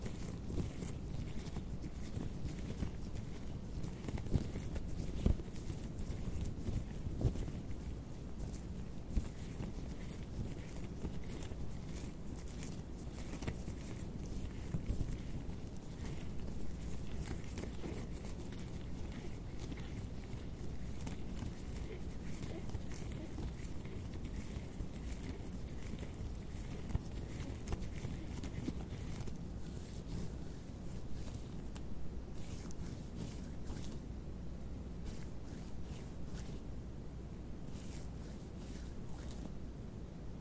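Latex gloves rub and stretch in steady hand movements, a dense, continuous rustling and squeaking that stays mostly low and muffled. Sharper snaps and taps stand out now and then, near the fifth, fifteenth and twenty-seventh seconds, over a constant low hum.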